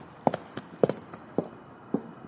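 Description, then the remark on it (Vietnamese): Slow, steady footsteps following behind someone walking on a dimly lit path at night, four firm thuds at an even pace and softer scuffs between them, heard alone over a faint background hiss. “chợt Linh nghe thấy có tiếng bước chân lẽo đẽo đi theo mình”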